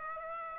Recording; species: mosquito wingbeat signal from an infrared sensor; Aedes aegypti